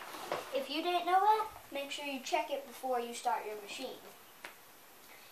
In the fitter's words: and I just noticed that that you that that happens but you have to hear a loud click